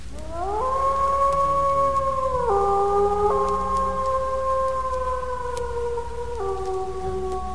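Several wolves howl together from afar, their long, sustained voices overlapping at different pitches and sliding slowly up and down in a continuous mournful chorus, with no talking.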